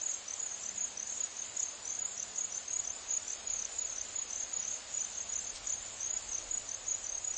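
Crickets chirping in an unbroken shrill trill with quick pulsing bursts throughout.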